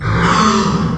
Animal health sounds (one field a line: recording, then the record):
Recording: squeal of a Yucatan mini pig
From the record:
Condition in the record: after surgery on the right vocal fold (resection and tissue-engineered implant)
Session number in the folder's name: 16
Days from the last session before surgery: 183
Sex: female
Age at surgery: 19 weeks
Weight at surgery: 25 kg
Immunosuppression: prednisolone